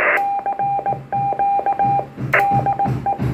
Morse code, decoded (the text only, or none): CQ DE